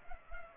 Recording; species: mosquito wingbeat signal from an infrared sensor; Culex pipiens